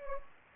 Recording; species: mosquito wingbeat signal from an infrared sensor; Anopheles gambiae